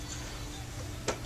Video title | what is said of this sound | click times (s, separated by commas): How to Use a Futon - Multiple Styles Illustrated - Wooden and Metal Frames - Instructions for Setup | That puts it up and you can hear those clicks. | 1.1 s